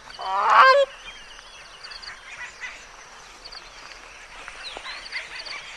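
Bird call: a single harsh honk at the very start, then soft chirps and whistles from other birds.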